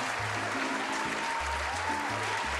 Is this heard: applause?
yes